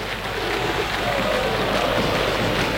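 A steady, dense roar from the football crowd at the 23 de Agosto stadium giving Gimnasia de Jujuy a welcome before kickoff, applause and chanting blending into one continuous wash of noise that holds at an even, fairly loud level throughout.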